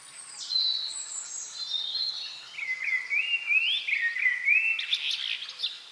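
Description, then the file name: Common blackbird singing a fluent run of slurred whistled notes that step down from high to middle pitch, then a scratchy twitter at the close. "Turdus merula"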